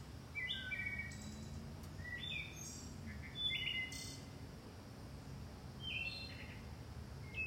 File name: Bird - Back Deck 8 19 PM 5-19-22 79 degrees